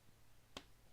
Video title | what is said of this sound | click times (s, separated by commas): GP3D RC10GX89 Replica Build (Part 3 of 3) | Hear that? So that was a nice nice click. | 0.6 s